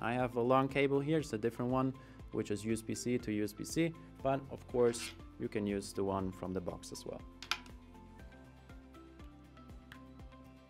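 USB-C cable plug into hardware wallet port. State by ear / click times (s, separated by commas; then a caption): not seated / none. A long USB-C to USB-C cable plug is handled near the USB-C port of a Trezor Model T hardware crypto wallet. Someone talks over background music for about the first seven seconds, followed by a few short taps and ticks as the music continues. The plug has not seated or clicked into the port yet.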